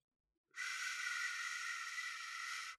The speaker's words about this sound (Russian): Громкое шипение, словно наступили на кобру.